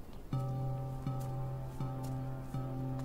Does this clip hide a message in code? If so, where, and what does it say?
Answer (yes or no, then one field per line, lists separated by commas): no